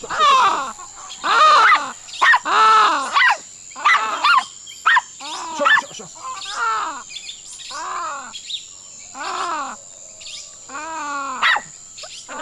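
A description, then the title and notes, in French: Roosters and animals call in short, throaty bursts about once a second outdoors at dawn, over a steady high insect whine. Le réveil du village. Les coqs ont leur heure de gloire à l’aube. Les habitants de Tauary, petit village au coeur de la forêt amazonienne, nous emmènent écouter les sons de leur quotidien tout au long d’une journée.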